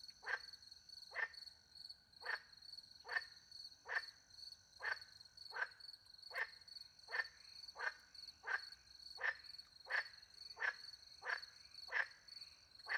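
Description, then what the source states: Frog calls, a long regular series of short notes under a second apart, with continuous cricket trilling. Frogs with crickets at night in the French countryside near a little pond; microphones hidden in a tree; recorded with two Usi pro microphones into a Mixpre 10 II recorder.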